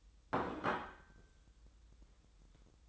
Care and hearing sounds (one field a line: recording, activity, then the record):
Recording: daily activity, microphone in the room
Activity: place plate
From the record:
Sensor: 3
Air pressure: 988.6 hPa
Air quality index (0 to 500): 197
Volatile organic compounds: 332 ppm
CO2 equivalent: 4548 ppm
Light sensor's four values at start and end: 23/71/30/25 and 23/71/30/25